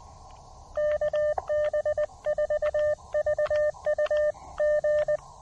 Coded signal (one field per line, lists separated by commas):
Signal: Morse code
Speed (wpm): 20 wpm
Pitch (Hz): 1800 Hz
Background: none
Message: KB4VUG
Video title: A One Watt, Low-Profile POTA Activation: Avoiding the Labor Day crowds by going off-trail!